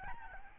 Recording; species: mosquito wingbeat signal from an infrared sensor; Aedes albopictus